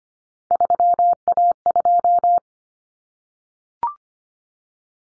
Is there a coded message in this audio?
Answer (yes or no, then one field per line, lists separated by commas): yes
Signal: Morse code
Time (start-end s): 0.5-2.4 s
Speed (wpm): 25 wpm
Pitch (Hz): 700 Hz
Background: none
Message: 3A2